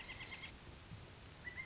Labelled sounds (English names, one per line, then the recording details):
Pileated Woodpecker
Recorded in Sonoma County, California